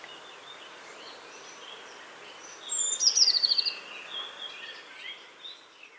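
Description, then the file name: Eurasian blue tit giving a single high, fast trill midway, preceded by a thin note, over steady background noise and faint softer notes. "Cyanistes caeruleus"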